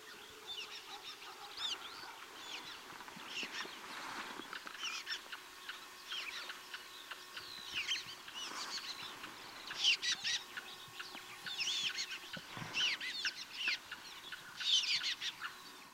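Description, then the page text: Ground tit producing dense, busy chirping and twittering, high squeaky notes tumbling in quick succession and growing louder toward the end. Recorded in Ladakh. "Ground Tit Pseudopodoces humilis. tibetan ground tit – Birds of Ladakh"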